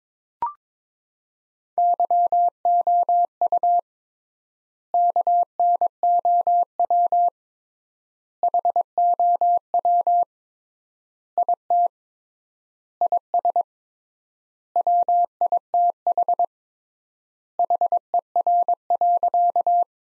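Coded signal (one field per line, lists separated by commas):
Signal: Morse code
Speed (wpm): 22 wpm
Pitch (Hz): 700 Hz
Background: none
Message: YOU KNOW HOW IT IS WITH HER.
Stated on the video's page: Morse practice sentences from the top 100 words at 22 wpm with 3x standard word spacing, a word-level Farnsworth-like method.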